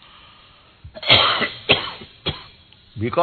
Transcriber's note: coughs